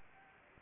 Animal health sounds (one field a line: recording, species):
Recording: mosquito wingbeat signal from an infrared sensor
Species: Anopheles gambiae